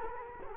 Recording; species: mosquito wingbeat signal from an infrared sensor; Culex quinquefasciatus